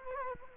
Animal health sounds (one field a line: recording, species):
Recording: mosquito wingbeat signal from an infrared sensor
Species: Culex quinquefasciatus